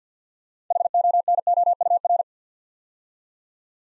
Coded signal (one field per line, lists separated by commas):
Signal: Morse code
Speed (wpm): 52 wpm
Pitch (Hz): 700 Hz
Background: none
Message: HONOUR